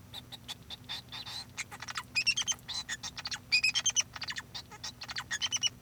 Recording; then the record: song of a male Bengalese finch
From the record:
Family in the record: son of father 2